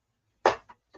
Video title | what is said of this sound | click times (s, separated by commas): Fallout Red Rocket Mega Build! Part 1 | pops right in there. | 0.5 s